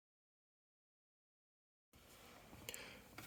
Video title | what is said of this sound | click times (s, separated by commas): Install an aftermarket mic in your 2016+ Tacoma | and the new microphone is right in there it fits perfectly and it snaps right into | 2.7 s